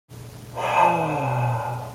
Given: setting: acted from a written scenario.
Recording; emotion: vocal sound without words; serenity